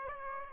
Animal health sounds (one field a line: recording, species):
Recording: mosquito wingbeat signal from an infrared sensor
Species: Aedes aegypti